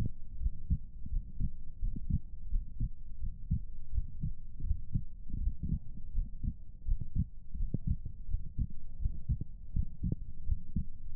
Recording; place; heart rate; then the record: heart sounds by stethoscope; pulmonary valve (PV); 85 bpm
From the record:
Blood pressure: 127/78 mmHg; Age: 39 years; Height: 178 cm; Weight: 84 kg